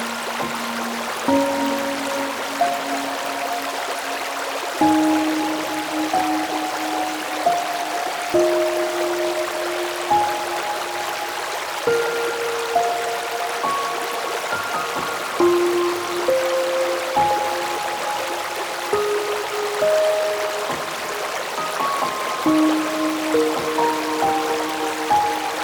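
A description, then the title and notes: A babbling brook close to the microphone: a dense, steady rush of bright water with small splashes and gurgles throughout. Soft sustained tones sit beneath it, shifting to a new pitch every second or two in a slow stepping line. Up Close on the Babbling Brook.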